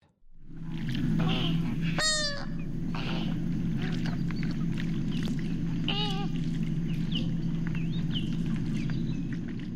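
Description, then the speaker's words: American Flamingo calls, two loud nasal honking notes about four seconds apart with other softer calls between, over a dense low rumble. "That's the call of the American flamingo."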